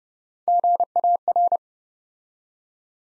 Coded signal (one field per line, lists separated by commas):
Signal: Morse code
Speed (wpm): 29 wpm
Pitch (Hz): 700 Hz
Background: none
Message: GAR